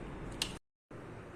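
A small plastic piece of a dishwasher's water level sensor is put back after cleaning and snapped into place. A single sharp tick sounds at 0.4 s against a steady low background, then the sound cuts to near silence for about 0.3 s before the background returns. The piece is seated.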